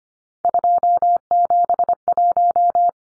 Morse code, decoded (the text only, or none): 271